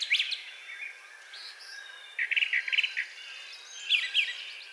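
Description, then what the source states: Brown thrasher: short bursts of song phrases, some made of rapid repeated notes. Recorded 4 June 2020.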